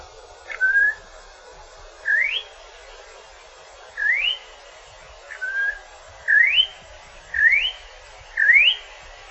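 Campo troupial giving short, clear whistled notes, most sweeping sharply upward, seven in all, spaced roughly a second or more apart, over a faint steady hiss.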